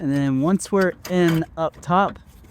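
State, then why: Not seated. An internal coil spring compressor, a $100 tool, is being slid up inside the coil spring of a Mercedes suspension so its top plate can be twisted and locked into the upper spring seat. Someone talks throughout, with only faint background noise between words. Nothing has seated or clicked yet; the plate is not yet locked in place.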